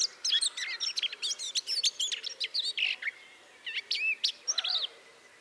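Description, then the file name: Eurasian blackcap song: a fast run of sharp chattering notes followed by a few clearer whistled, fluty phrases that fade away. "Sylvia atricapilla"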